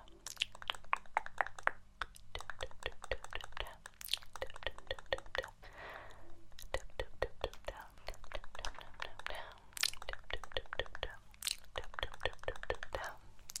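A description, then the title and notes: A rapid run of crisp tapping and crackling ASMR trigger sounds, dense clicks packed tightly together with short breaks. Brief brushing or crinkling swells appear around six, eight and ten seconds. A low steady hum sits underneath throughout. ASMR Assortment Of Relaxing RED Triggers.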